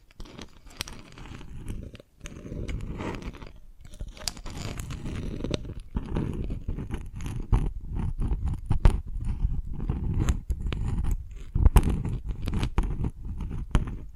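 Dalgona candy being tapped and cracked, with a dense run of sharp, bright clicks and crunches over a low, steady rumble. The taps come quickly and irregularly throughout, with brief pauses near two and four seconds and a few louder cracks later on.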